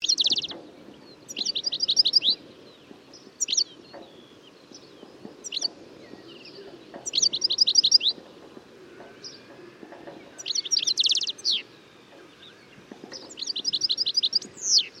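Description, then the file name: European goldfinch producing bursts of rapid, high, buzzy twittering notes at irregular intervals of a few seconds, with softer chirps between and faint background noise. "Carduelis carduelis"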